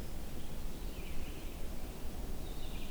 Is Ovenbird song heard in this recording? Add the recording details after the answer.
no. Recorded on 22 June 2016 at 05:38. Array SBT-6-76